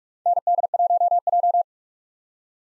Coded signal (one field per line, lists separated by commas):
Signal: Morse code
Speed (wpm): 46 wpm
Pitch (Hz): 700 Hz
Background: none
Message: ND1J